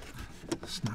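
Metal retaining tabs on the steering column trim assembly of an Audi Q7 (4L, 2005-2015) are pressed in during a clock spring replacement. Two sharp snaps are heard at 0.5 s and 0.9 s as the tabs click into place on both sides, and the parts are fully seated.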